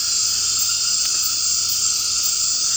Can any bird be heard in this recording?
no